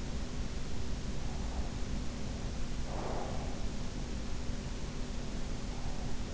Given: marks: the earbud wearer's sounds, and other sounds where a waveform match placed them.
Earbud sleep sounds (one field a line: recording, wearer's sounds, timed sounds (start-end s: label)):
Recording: sounds in sleep by an in-ear microphone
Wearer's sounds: breath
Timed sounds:
1.03-3.76 s: breath